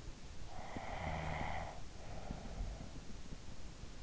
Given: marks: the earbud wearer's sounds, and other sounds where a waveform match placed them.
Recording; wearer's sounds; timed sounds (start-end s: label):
sounds in sleep by an in-ear microphone; snoring breath
0.30-3.48 s: snoring breath